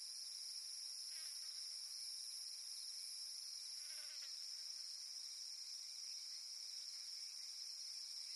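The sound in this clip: Cicada song, a steady unbroken high-pitched drone with several shimmering bands.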